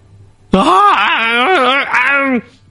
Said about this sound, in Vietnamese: Một tiếng thét kẹt cổ họng rồi im bặt.